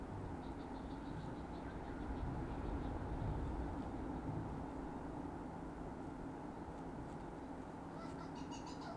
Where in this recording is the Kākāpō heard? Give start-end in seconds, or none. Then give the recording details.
none. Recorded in New Zealand. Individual Sirocco